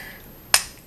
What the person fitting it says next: Hear that click? Now, that means that it's done.